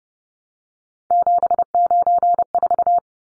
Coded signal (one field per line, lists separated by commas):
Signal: Morse code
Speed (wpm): 30 wpm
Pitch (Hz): 700 Hz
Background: none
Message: 794